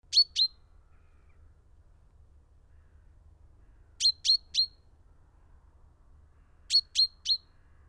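Common chaffinch calling in short bursts: a pair of sharp, ringing notes, then two runs of three, each burst separated by a few seconds of near silence.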